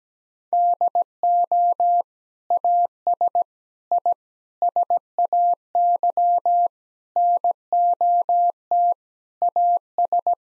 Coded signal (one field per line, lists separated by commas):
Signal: Morse code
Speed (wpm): 17 wpm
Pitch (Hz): 700 Hz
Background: none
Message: DO AS I SAY NOT AS